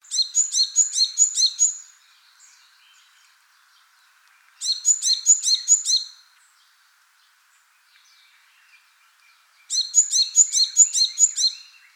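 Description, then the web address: Japanese tit with bursts of rapid, very high, thin repeated notes, each burst about two seconds long, returning roughly every five seconds, with near silence between. "birdenaga sijukara"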